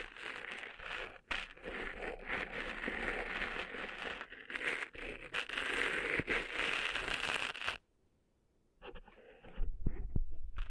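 Cleaning sand out of the ears gives a dense, steady crackling and rustling that fills the first eight seconds, broken by a couple of brief gaps near one and five seconds. It then stops abruptly into silence, followed by a few sparse crinkles and low thumps.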